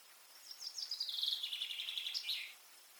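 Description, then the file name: Common chaffinch song: a single bright phrase of quick descending trilled notes that ends in a short flourish, against quiet background hiss. "Fringilla coelebs"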